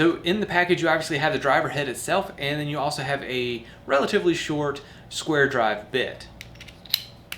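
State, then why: Seated. A short square drive bit is pushed into the spring-loaded collar of a 90-degree pocket-hole driver head and locks in with a sharp metallic click at 6.9 seconds. Someone talks through most of the clip before a few small handling ticks lead into the click, and a faint tick follows at 7.3 seconds.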